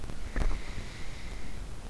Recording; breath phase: one breath near a microphone; inhalation